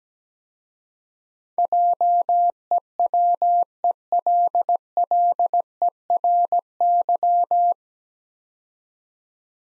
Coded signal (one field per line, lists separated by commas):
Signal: Morse code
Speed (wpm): 17 wpm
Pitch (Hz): 700 Hz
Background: none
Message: JEWELLERY